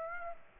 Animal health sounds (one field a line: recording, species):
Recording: mosquito wingbeat signal from an infrared sensor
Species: Aedes aegypti